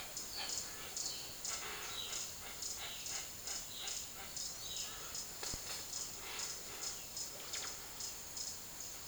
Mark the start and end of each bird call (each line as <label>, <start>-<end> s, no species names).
bird call, 0.00-9.08 s